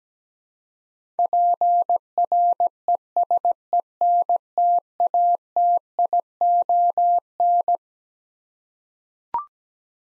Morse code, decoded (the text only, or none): PRESENTATION